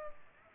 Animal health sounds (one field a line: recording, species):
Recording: mosquito wingbeat signal from an infrared sensor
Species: Culex pipiens